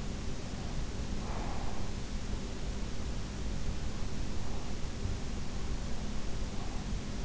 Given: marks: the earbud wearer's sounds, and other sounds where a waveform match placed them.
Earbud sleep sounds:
sounds in sleep by an in-ear microphone; breath
0.97-2.12 s: breath

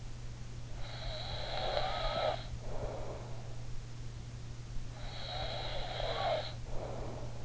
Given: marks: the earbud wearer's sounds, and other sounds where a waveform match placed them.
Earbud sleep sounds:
sounds in sleep by an in-ear microphone; snoring breath
0.81-3.36 s: snoring breath
4.93-7.45 s: snoring breath

